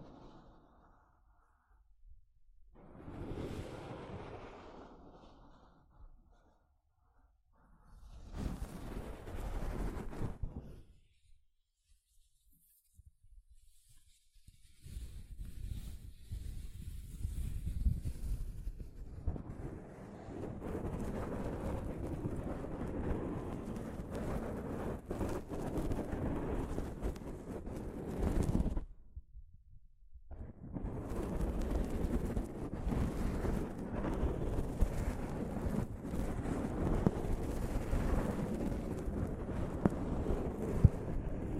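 Soft fabric brushes over a microphone in rough, low rubbing bursts, short and separated at first, then nearly continuous from fifteen seconds on.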